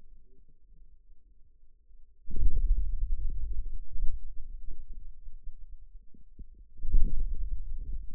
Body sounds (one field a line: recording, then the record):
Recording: forearm muscle sounds (acoustic myography)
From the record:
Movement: hand closing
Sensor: system 2, bracelet of six BSWA MPA416 microphones around the upper forearm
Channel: 5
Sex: male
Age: 22 years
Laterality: right